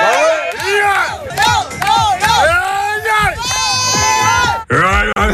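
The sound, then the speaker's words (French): A loud crowd cheers and yells continuously, many voices rising and falling together, with a wavering goat-like bleat standing out among them before the roar briefly dips and resumes. “Attendez, il y a une chèvre dans la foule ou c'est moi?”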